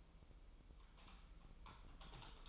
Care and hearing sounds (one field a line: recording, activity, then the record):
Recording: daily activity, microphone in the room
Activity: typing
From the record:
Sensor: 1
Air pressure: 988.8 hPa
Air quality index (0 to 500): 204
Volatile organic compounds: 1000 ppm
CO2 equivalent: 5430 ppm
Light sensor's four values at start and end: 25/93/35/36 and 25/93/35/36